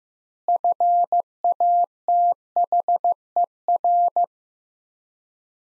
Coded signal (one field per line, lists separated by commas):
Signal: Morse code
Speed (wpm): 16 wpm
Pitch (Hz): 700 Hz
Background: none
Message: FATHER